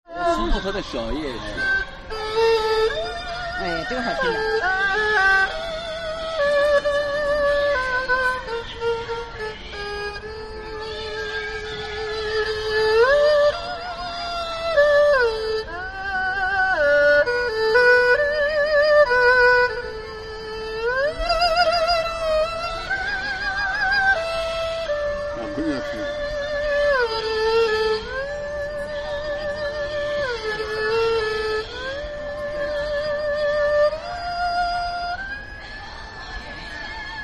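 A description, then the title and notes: People play music in a park, a single sustained melody gliding between held notes at a steady level over quiet outdoor background. Peoples playing music in a public park of Shanghai, China.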